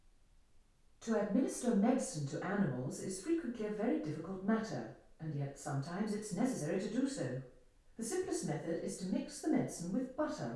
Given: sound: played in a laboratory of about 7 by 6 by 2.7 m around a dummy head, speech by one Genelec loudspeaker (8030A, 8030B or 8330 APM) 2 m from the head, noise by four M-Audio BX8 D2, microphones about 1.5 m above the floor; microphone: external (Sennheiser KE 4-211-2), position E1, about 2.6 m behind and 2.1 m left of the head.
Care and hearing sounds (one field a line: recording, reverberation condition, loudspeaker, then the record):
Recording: female speech in English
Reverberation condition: medium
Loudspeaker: 90 degrees to the left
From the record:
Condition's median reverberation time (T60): about 510 ms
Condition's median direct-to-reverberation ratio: about -0.5 dB